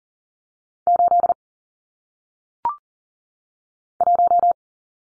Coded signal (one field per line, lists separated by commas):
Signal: Morse code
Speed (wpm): 38 wpm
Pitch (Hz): 700 Hz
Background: none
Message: 8 1